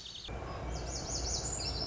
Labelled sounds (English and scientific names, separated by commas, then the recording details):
Lazuli Bunting (Passerina amoena)
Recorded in Sonoma County, California